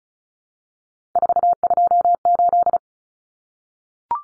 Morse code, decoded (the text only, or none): 428